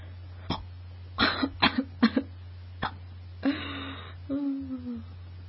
Choked on a hiccup.